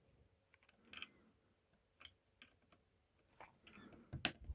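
Large plastic building pieces of an Iron Spider-Man figure are pressed together. Soft plastic handling taps and clicks come first, then a sharp snap at 4.2 s as the brick presses home and seats.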